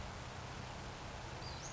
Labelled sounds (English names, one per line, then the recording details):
Western Flycatcher
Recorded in Sonoma County, California